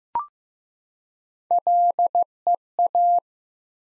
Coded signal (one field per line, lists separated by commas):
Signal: Morse code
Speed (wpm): 15 wpm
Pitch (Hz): 700 Hz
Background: none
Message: LEA